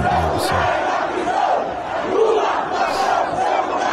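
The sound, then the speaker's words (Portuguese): A large Brazilian crowd chants and shouts together like football supporters, a loud, dense roar of many voices that holds steady for the full four seconds with rhythmic swells. “Olha o Brasil, aí vira torcida, ó. Grita de torcida.”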